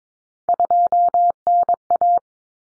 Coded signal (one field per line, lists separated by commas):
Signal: Morse code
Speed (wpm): 22 wpm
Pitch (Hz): 700 Hz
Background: none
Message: 2NA